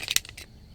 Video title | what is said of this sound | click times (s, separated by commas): Glock 43X + Shield Arms S15 Magazine: Is this the Perfect EDC Combo? | you can hear that loud positive click there so | 0.2 s